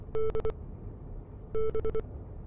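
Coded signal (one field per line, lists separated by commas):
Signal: Morse code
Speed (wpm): 23 wpm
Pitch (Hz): 440 Hz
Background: none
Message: DB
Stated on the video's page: Morse in the game Wolfpack's radio room.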